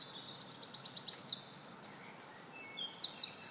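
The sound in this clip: Wren song: a rapid, very high trill of sharp repeated notes, quick and energetic, running for several seconds over faint background hiss.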